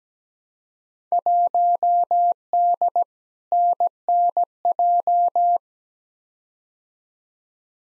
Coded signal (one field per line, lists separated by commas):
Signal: Morse code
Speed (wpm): 17 wpm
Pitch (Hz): 700 Hz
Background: none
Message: 1D NNJ